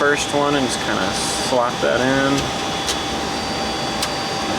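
A small modem card is lined up and pushed into a module slot of a vintage Cisco 3725 router while someone talks over a steady hum. Nothing has seated or clicked yet in this stretch.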